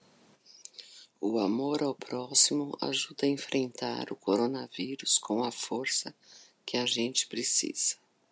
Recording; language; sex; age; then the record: spoken sentence; Brazilian Portuguese; female; 50 to 59 years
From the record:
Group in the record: control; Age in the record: 56 years